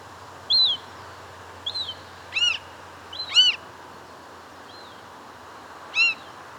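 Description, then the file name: Swamp harrier calls: arched whistled notes that slur up then down, given singly at irregular intervals, with a few higher chirps between them. "Circus Approximans"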